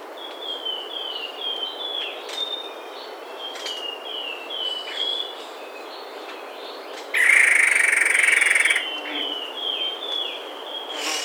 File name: tepus leher putih